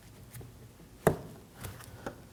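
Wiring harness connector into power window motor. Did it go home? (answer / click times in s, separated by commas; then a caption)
yes / 1.1 s. The plastic wiring-harness connector is pushed into the new front power window motor inside the door of a 2011–2016 Kia Optima, with a sharp click at 1.1 s that shows the connector has locked in place. Fainter ticks follow at about 1.6, 1.8 and 2.1 s.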